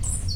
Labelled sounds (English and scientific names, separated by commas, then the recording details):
Stitchbird (Notiomystis cincta) song
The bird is a male
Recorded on Tiritiri Matangi Island, New Zealand, in 2005
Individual 21, of nest box 30